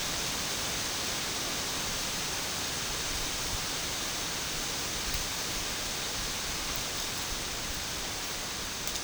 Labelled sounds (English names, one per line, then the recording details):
none
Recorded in secondary vegetation near Puerto Asís, Putumayo, Colombia, on 21 March 2025 at 12:30
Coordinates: 0.502, -76.326
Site G100